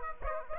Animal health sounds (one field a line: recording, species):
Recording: mosquito wingbeat signal from an infrared sensor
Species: Aedes aegypti